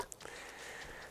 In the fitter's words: there you go and that camera is now snapped into place